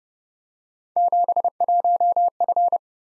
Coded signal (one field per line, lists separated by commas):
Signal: Morse code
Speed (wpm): 31 wpm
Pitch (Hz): 700 Hz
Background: none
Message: 71F